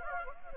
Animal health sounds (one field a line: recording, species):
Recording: mosquito wingbeat signal from an infrared sensor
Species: Anopheles gambiae